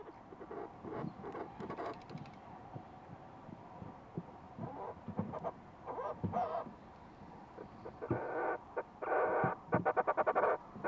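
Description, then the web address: Fulmar prion calls in harsh, croaking bursts, some drawn out and some rapidly pulsed, forming an irregular series with busy background noise. "fulmar prion. صدای-پرنده-پریان-بدبو"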